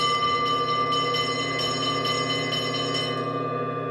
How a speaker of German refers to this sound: Ein Glockenton zerriss den Tumult. Das Gestikulieren hörte auf. Die Stimmen schwiegen, nur das dumpfe Grollen des Publikums blieb, um allmählich zu versickern.